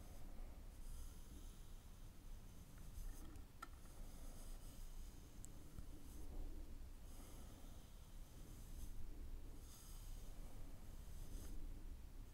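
A microphone is brushed in long, rough strokes, making a dense, airy rustle that swells and fades roughly every two to three seconds. A low rumble runs steadily underneath, with a few small clicks and taps scattered through the middle.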